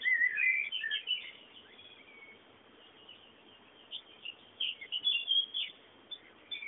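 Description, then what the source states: Birds chirping: a burst of high twittering notes at the start, a quiet gap, then more scattered chirps clustered near the end, over faint steady hiss. Bird sounds used as background ambience.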